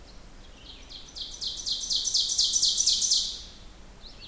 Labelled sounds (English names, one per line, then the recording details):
Ovenbird song
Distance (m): 10 m
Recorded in boreal forest in Alberta, Canada, on 16 June 2016 at 06:37
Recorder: SongMeter 3, array SBT-3-32
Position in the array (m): 151 m, 33 m
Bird 36